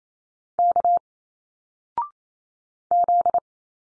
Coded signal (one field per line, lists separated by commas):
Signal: Morse code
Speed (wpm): 28 wpm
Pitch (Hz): 700 Hz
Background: none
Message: K Z